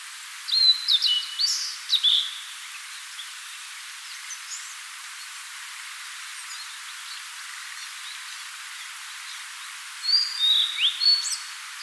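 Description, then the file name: Blue-and-white flycatcher song: two bursts of clear, slurred whistled notes with rising and falling glides, near the start and the end, with quiet background hiss between. "Cyanoptila cyanomelana"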